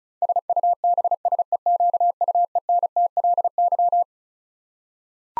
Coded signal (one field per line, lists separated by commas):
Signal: Morse code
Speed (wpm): 36 wpm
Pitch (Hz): 700 Hz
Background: none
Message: SUBSEQUENTLY